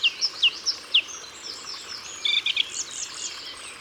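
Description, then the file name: Song thrush giving several quick whistles, then a short jumbled phrase, against a steady high hiss. Ardèche, France. "Grive-Musicienne-Concerts-Naturels-De-l Ardeche"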